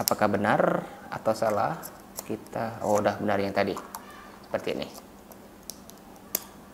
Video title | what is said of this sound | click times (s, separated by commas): Masih worth it beli DJI Omso Action di Tahun 2021? | sampai terkunci | 6.4 s